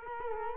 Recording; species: mosquito wingbeat signal from an infrared sensor; Culex quinquefasciatus